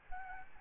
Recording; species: mosquito wingbeat signal from an infrared sensor; Aedes albopictus